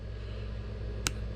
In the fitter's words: and you hear it popping up